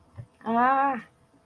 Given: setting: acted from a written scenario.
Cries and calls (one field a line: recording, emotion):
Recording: vocal sound without words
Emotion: embarrassment